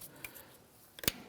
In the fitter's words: press say hear a click